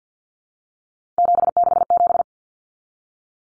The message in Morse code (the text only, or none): 767